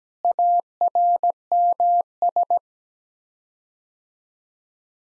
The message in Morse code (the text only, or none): ARMS